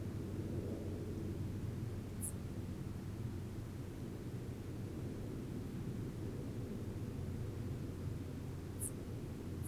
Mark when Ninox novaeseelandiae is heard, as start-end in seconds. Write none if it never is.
none